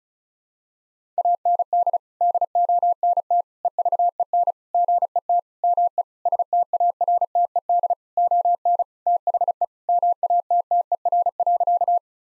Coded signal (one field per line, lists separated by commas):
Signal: Morse code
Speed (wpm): 36 wpm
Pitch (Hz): 700 Hz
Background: none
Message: AND DONT EVEN GET ME STARTED ON THE MATTER.